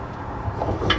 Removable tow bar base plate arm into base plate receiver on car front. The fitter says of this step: them into place until it snaps and locks in and then